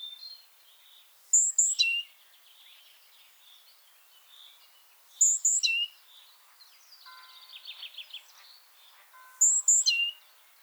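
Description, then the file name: Great tit call phrase of two high piercing notes and a lower drop, heard three times; a trill and chirps fill the gaps. "Parus major"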